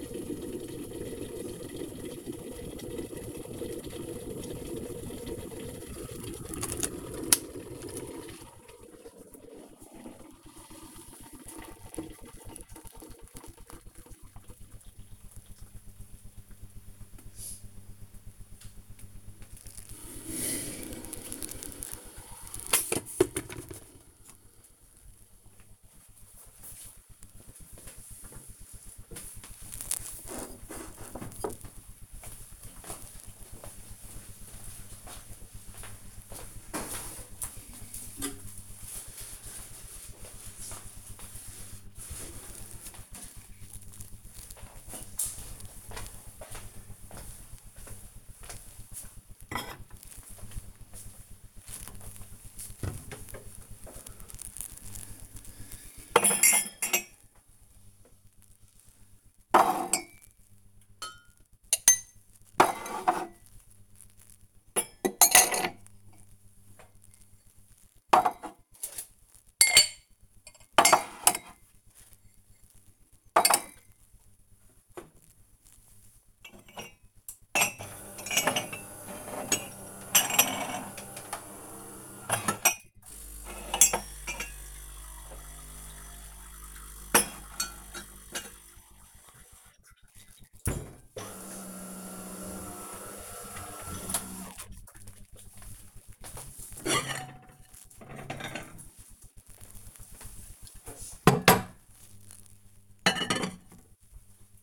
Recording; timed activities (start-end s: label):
household activities, microphone on the right wrist
0.00-24.03 s: making tea
51.28-104.62 s: putting away the dishes
102.71 s: note: coffee machine noises